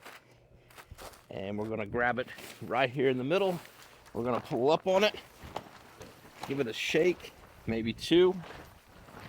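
Someone talks while grabbing the center hub of a Reactive Outdoors 3 sec pop-up tent, pulling up on it and getting ready to shake it so the hub locks the frame into position. Speech fills most of the clip, with faint handling noise and a brief sharp tick near 5.6 s. Nothing has clicked or seated yet; the hub is not locked.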